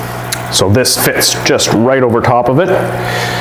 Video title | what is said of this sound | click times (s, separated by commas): Classroom Hatchery Week 2 | So this fits just right over top of it and kind of clicks in place. | 0.3 s